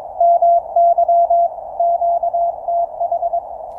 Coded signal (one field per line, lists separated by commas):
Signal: Morse code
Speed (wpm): 23 wpm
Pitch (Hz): 690 Hz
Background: none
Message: MY QTH